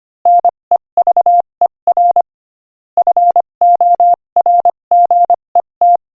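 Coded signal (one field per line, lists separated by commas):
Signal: Morse code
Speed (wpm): 26 wpm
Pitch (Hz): 700 Hz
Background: none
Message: NEVER FORGET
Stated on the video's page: Morse code practice at 25 wpm, sending an inspirational quotation.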